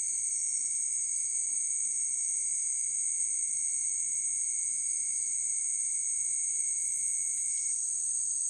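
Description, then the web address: Crickets giving a steady, unbroken high-pitched trill that holds for the whole stretch, with a fainter even tone beneath it. Crickets recorded at night. "the sound pack tree. night crickets"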